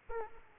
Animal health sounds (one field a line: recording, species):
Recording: mosquito wingbeat signal from an infrared sensor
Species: Aedes aegypti